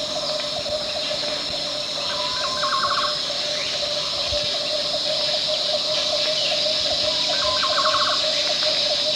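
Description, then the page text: Green Broadbill gives two bubbly trills several seconds apart, nearly drowned by a constant high insect chorus. At Danum, Borneo, 1 July 2008. "Sound of Green Broadbill at Danum"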